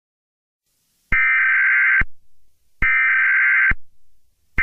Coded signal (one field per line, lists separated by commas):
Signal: Emergency Alert System (SAME) tones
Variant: header bursts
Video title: EAS broadcasting for updates on my channel